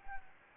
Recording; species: mosquito wingbeat signal from an infrared sensor; Anopheles gambiae